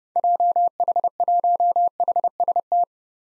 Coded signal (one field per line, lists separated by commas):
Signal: Morse code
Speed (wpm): 30 wpm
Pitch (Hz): 700 Hz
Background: none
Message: JH1HST